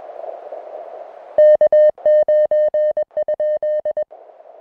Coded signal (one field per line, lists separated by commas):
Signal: Morse code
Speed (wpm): 21 wpm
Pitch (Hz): 610 Hz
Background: music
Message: K9?